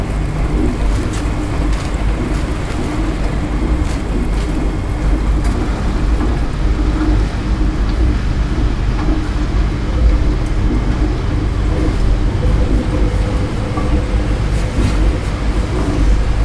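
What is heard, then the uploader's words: A steady, dense low rumble of laundromat machines churns throughout, with faint clicks and brief metallic knocks scattered over the constant hum. LAUNDROMAT.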